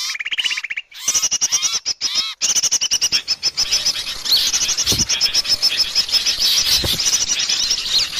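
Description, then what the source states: Bird calls, a dense high twittering with trills and chirps, a short buzzy trill at the start and repeated sharp clicks. Lure call (pikat), described as a thousand birds.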